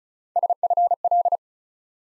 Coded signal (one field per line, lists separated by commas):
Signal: Morse code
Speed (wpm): 36 wpm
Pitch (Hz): 700 Hz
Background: none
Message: SFL